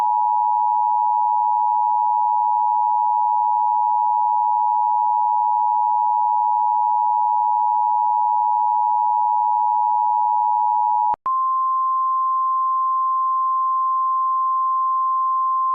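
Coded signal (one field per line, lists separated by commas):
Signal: Emergency Alert System (SAME) tones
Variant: 853 and 960 Hz attention tone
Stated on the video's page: Self-made fictional EAS about the DTV transition, edited in Windows Movie Maker.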